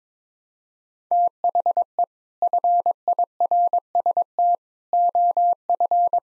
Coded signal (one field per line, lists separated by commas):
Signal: Morse code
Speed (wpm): 21 wpm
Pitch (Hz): 700 Hz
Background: none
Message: THE FIRST OF